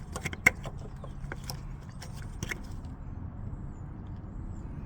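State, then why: Seated. On a C7 Audi A6 3.0T during a low-pressure fuel pump install, the fuel line quick-connect plug is pushed back onto its fitting on the fuel pump sender assembly and locks on with a sharp click at 0.5 s. A fainter tick follows at 2.5 s over a steady low rumble. The connector is seated.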